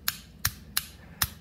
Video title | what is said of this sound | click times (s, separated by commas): Harley Wiring Extension / Removing Wires From Harness | forward back forward you hear that clicking sound | 0.1 s, 0.4 s, 0.8 s, 1.2 s